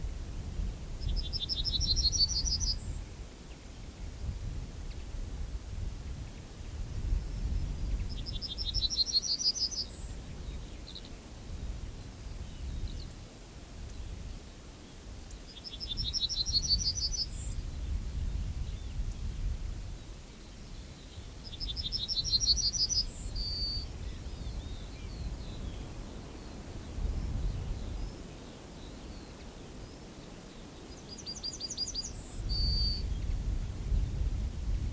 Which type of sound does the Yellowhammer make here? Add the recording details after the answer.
song. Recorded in the wild. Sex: male. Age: adult. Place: Lüdersdorf, Barnim, Brandenburg, DE. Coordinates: 52.9206, 14.0711. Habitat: Straßenallee. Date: 2006-04-15. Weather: bedeckt, 3°C, schwacher bis mäßiger Wind aus West. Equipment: Marantz PMD 671, Sennheiser MKH 70 (-10dB), Popschutz. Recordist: Frommolt, Karl-Heinz